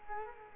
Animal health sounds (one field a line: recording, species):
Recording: mosquito wingbeat signal from an infrared sensor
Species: Culex quinquefasciatus